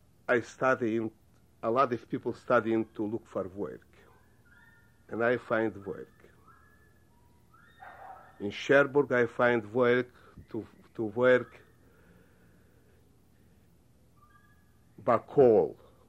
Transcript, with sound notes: I start in, a lot of people start in to look for work and I find work. (dog in background) In Cherbourg I find work, to work by coals,